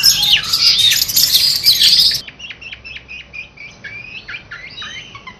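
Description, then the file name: Long-tailed shrike song: a dense burst of overlapping chattering and whistled phrases, then suddenly quieter, quick varied whistles and chirps, about four notes a second. Simulated song contest. "simulasi-lomba-cendet 1-omkicau"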